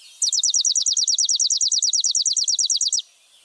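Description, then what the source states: Chipping Sparrow song: a dry, mechanical trill of many rapid identical chips, evenly spaced and lasting nearly three seconds. Song, described as dry and mechanical.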